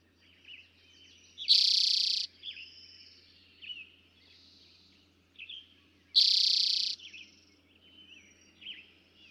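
Eastern towhee song: a quick introductory note followed by a loud buzzing trill, given twice about four and a half seconds apart, over background birdsong.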